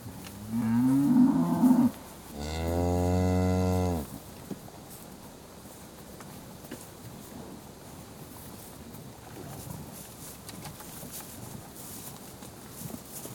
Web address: suckling herd being feed in field very close perspective recording